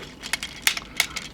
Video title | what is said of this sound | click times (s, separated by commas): Transformers Robots In Disguise: Rail Racer Review | snap on and then lock into place like that. | 0.7 s, 1.0 s